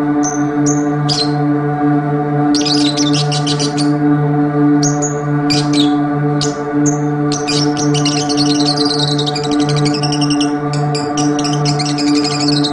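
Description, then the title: Oriental magpie-robin song: clear whistled notes opening, then dense scratchy trills growing busier toward the end, with a steady low hum beneath. "Kicau Kacer"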